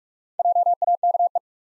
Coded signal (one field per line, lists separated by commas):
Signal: Morse code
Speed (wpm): 46 wpm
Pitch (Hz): 700 Hz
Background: none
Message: JAKE